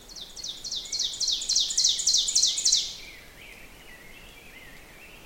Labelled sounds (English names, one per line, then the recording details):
Ovenbird song
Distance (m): 20 m
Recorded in boreal forest in Alberta, Canada, on 6 June 2016 at 08:52
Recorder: SongMeter 3, array SBT-3-51
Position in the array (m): 242 m, 149 m
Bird 28